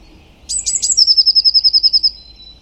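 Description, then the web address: Bird call: three quick high buzzy notes, then a fast even trill of about a dozen pulses that slowly drops in pitch over one second; quiet background. "Deverinetal 2025. Bird Only"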